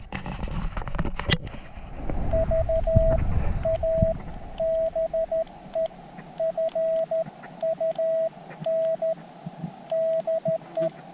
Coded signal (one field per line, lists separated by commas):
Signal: Morse code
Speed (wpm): 13 wpm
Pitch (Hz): 650 Hz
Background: radio noise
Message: VA BE FUN DE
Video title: Buddistick with Mil-Whip attachment. Northern NM QRP Ham Radio!